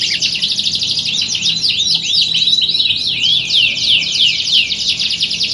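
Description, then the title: Canary song, a dense run of quick high trills and looping whistled slurs, the phrases overlapping and changing pitch without pause. Belgian canary; warm-up song used to train birds for singing contests, a contest simulation meant to build a champion canary's nerve. "Canto Para Esquentar Canário Belga. Simulasi Lomba Kenari. Suara Kenari Lomba. Melatih Mental Kenari Juara"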